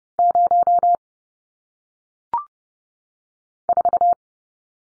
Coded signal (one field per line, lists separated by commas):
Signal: Morse code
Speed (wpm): 30 wpm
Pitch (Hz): 700 Hz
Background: none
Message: 0 4